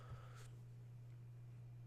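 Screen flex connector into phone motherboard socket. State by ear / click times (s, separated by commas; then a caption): not seated / none. The AMOLED screen's flex cable connector is being pressed back onto its motherboard socket in a Samsung Galaxy S5 mini G800F; this part is tricky to refit. A steady low hum runs throughout, with a soft low thump near 0.1 s and a faint brief rustle around 0.4 s. The connector has not clicked or seated yet.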